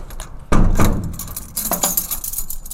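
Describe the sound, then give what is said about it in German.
Keys rattle and scrape in a door lock in a prison in northern Germany: a sudden metallic clunk, a few seconds of jangling, then a sharper click as the mechanism turns, with no voices. “Und manchmal Schlüssel, die sich im Schloss drehen.”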